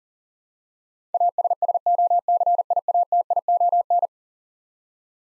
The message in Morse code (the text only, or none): ASSOCIATION